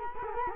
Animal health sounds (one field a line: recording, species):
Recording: mosquito wingbeat signal from an infrared sensor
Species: Culex quinquefasciatus